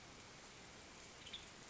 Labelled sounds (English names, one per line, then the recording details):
Western Tanager
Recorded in Sonoma County, California